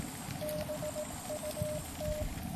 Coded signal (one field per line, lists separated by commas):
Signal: Morse code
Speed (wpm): 18 wpm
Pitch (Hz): 610 Hz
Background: none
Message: BUT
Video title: QRP Camping in Florida With Weber MTR.